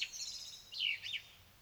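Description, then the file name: Common blackbird giving a brief, faint phrase of a few short sliding notes, all in under two seconds. "Turdus merula"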